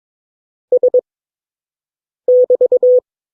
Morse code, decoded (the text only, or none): S<BT>